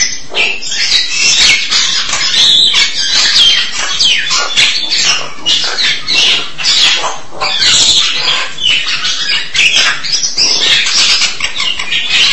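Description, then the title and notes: Starling giving a dense, continuous harsh chatter of scratchy, squeaky notes, loud and unbroken throughout. "suara burung jalak"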